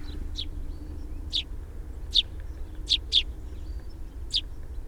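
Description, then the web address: Sparrow giving brisk high chirps at uneven intervals, including a close pair, over a constant low drone. "fugl s-spurv"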